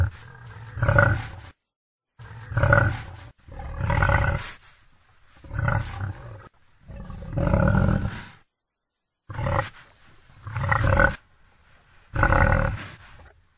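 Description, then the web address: Wild boar giving repeated deep, gravelly grunts in bursts separated by short gaps. "Dzik"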